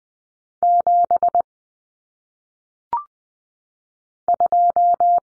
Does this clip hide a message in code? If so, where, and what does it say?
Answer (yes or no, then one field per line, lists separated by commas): yes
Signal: Morse code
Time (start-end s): 0.6-5.2 s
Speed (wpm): 20 wpm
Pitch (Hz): 700 Hz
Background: none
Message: 7 2